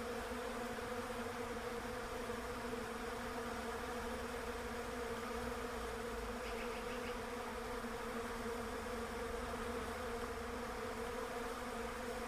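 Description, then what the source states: Bees keeping up a long, even droning buzz, with a short faint high chirp near the middle. Bees in a Russian olive tree.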